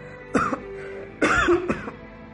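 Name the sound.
hacking cough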